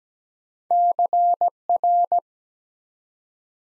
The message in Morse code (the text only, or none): CR